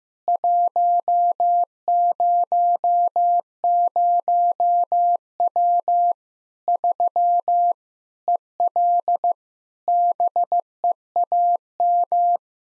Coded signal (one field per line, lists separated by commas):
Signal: Morse code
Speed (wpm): 15 wpm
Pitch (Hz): 700 Hz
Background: none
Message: 100W 3 EL BEAM